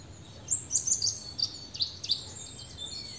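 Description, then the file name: European robin song, a string of high, sharp, tinkling notes in quick succession. "Erithacus rubecula"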